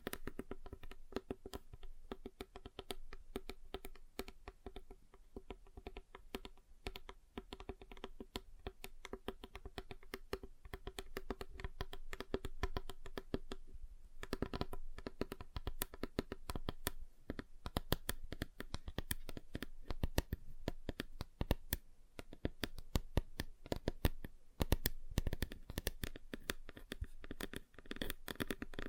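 Fingers tap rapidly on a table, a dense, uneven patter of sharp clicks that runs almost without pause for the whole half minute. The taps vary slightly in tone and weight, with a brief lull near fourteen seconds and a faint steady hum underneath.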